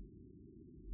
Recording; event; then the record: neck accelerometer signal played as sound; no cough (speech, laughter, throat clearing or background)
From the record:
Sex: female